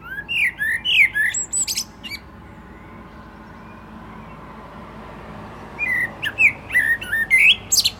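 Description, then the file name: Common blackbird song: two mellow warbled phrases with high squeaky trills, separated by a pause of several seconds. "Turdus merula"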